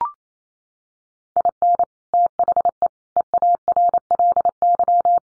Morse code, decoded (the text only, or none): IN THE EARLY